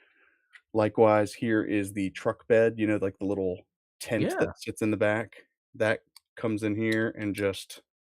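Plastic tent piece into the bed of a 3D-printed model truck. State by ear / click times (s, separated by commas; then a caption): not seated / none. Someone talks while handling the little plastic tent piece of a 3D-printed hover truck model, bringing it toward the truck bed where it is meant to snap into the back. A brief faint tick is heard at 0.6 s. Nothing has seated or clicked yet.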